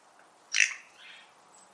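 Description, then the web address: Bird giving a single sharp high chirp followed by a softer, fainter note, with a quiet background. "Deverinetal 2025 File origin Bird Only"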